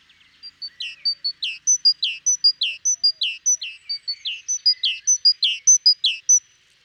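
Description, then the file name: Great tit calling in a fast run of paired notes, a short high whistle followed by a lower down-slurred note, repeated steadily for several seconds. "Parus major"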